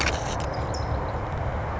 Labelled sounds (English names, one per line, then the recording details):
California Towhee
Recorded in Sonoma County, California